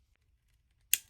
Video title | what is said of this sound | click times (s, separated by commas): DIY Tools For Less Than A FIVER!!😃 PARKSIDE TOOL HAUL | Satisfying click. | 0.9 s